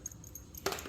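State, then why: Not seated. A new oil pump intermediate shaft is pushed onto the oil pump of a 1996 5.7L engine to check whether it snaps in place. Only light metallic clinks and ticks are heard as the metal parts are handled, with slightly louder ones near 0.7 and 0.9 seconds. The shaft has not snapped in or clicked; it just sits on the pump.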